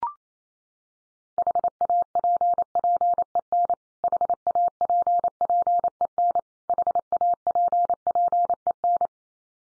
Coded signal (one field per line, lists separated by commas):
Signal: Morse code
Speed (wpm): 28 wpm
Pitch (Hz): 700 Hz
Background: none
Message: HAPPEN HAPPEN HAPPEN